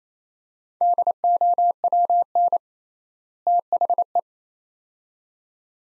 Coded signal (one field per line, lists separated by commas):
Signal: Morse code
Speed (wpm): 28 wpm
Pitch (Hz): 700 Hz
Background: none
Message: DOWN THE